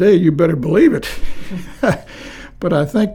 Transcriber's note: chuckling